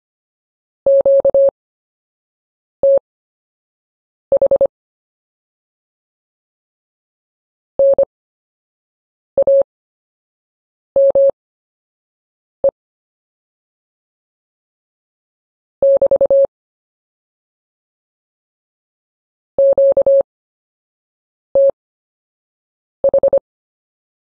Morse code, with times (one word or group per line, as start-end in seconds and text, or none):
0.9-4.7 QTH
7.8-12.7 NAME
15.8-16.5 <BT>
19.6-23.4 QTH